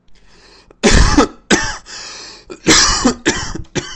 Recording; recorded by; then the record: voluntary cough; messaging app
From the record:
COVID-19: negative